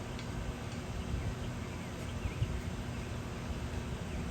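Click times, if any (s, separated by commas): none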